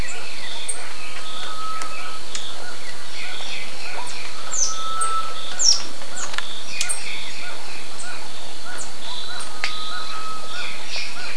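Birds calling, with scattered short chirps and a few high sharp notes over a steady background hiss.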